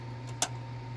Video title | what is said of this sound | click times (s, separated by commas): how to install ram | listen for that click | 0.4 s